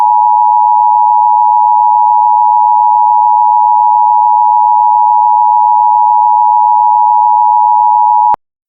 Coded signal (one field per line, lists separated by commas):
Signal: Emergency Alert System (SAME) tones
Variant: 853 and 960 Hz attention tone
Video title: Why do we die and see a light? (EAS STS Warning IMPROVED)